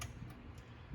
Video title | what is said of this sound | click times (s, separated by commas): Japanese typewriter Toshiba 1400 KL 和文打字機 漢字打字機 中文打字機 操作 教學 | 调整好之后哈，然后要确定还有咔一声，确定卡住哈，那就可以哈。 | 0.0 s